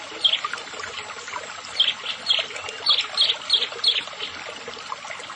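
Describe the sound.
Prinia song: short high chipping notes repeated in a loose series over a steady hiss of background noise.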